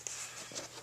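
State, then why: Partly seated. A carpet retaining screw, driven into a car's floor or trim to hold the carpet in place, stops turning with a sharp hit at 0.07 s, followed by only faint, low handling noise. The screw won't go in any further and is not all the way in, so it stops short of seating.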